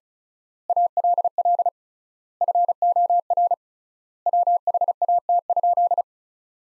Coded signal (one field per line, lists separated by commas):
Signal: Morse code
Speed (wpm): 36 wpm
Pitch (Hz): 700 Hz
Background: none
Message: ALL FOR WHAT?